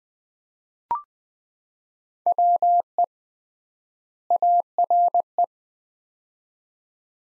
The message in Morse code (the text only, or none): WE ARE